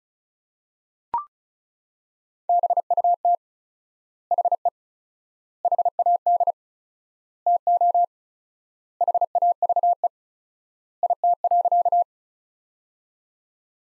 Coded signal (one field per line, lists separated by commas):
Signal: Morse code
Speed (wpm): 36 wpm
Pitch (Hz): 700 Hz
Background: none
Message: BUT HE HAD TO HAVE IT.